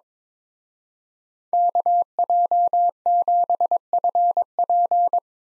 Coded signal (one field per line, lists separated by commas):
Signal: Morse code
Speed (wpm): 24 wpm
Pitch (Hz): 700 Hz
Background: none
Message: KJ7FP